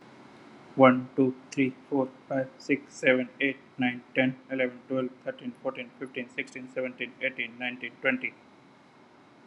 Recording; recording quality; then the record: counting at a fast pace; excellent, no background noise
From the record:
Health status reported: healthy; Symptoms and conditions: none ticked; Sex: male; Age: 40 years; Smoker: not ticked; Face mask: not worn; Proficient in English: yes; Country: India